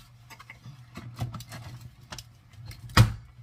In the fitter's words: I heard a click. Yay! This one I didn't have to get hubby's help.